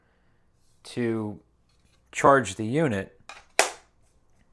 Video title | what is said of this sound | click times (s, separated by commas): Bigtreetech K-Touch wireless Klipper pad unbox and setup | and it just snaps right into place with the | 3.3 s, 3.6 s